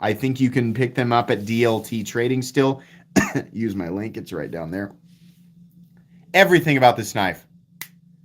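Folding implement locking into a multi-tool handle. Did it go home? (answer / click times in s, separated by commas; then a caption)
yes / 7.8 s. A man talks about a multi-tool, then a folding implement on the multi-tool handle snaps sharply into its locked position with a loud click at 7.8 s. The blade is seated and locked.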